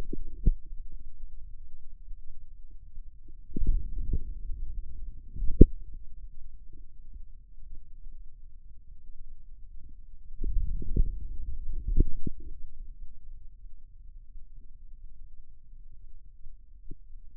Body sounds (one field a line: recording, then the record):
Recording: forearm muscle sounds (acoustic myography)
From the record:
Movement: outward rotation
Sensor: system 2, bracelet of six BSWA MPA416 microphones around the upper forearm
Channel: 2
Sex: male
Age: 22 years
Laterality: right